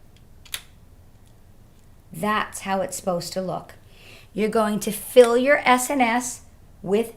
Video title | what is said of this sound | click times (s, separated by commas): SNS Setup | put the two tubes through the larger size pull it until you hear a click | 0.5 s